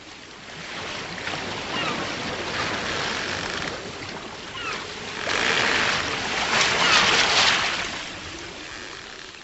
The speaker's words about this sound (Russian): Уже несколько дней и ночей с трудом боролся корабль на своем пути с дико бурлящим Тихим океаном. Шторм обрушился неожиданно, когда холодные ветры с севера столкнулись с теплыми потоками, пришедшими из Японии.